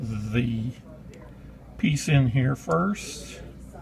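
A replacement valve piece is handled at the inlet side of a QX valve body, being dropped in before it is pressed into place. Someone talks throughout, with quieter stretches of handling in between. Nothing has seated or snapped into place yet.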